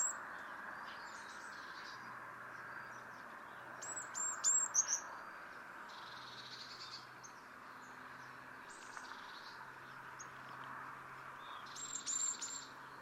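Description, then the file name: Eurasian blue tit giving quiet, sparse bursts of high thin notes and buzzy phrases, with an intermittent low hum and background hiss. "Cyanistes caeruleus"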